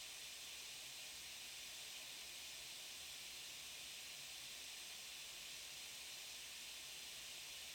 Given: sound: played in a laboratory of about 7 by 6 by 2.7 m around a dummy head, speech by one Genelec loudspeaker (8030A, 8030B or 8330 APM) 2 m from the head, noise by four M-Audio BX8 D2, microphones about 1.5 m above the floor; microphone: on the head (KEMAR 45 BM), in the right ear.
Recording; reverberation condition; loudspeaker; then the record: white noise; low; four, about 170 cm from the corners of the room and facing them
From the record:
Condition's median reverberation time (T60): about 310 ms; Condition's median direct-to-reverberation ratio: about 3.5 dB